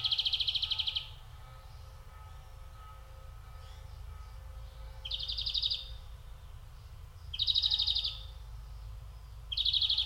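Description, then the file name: European greenfinch calls, short bursts of rapid buzzy trills repeated at irregular intervals of a few seconds, over steady low rumble. "Chloris chloris"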